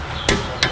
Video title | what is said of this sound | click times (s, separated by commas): Hyundai Elantra : Front Brakes Service - Brake Rotors and Pads Replacement | right there. I hope you heard the torque wrench click. | 0.6 s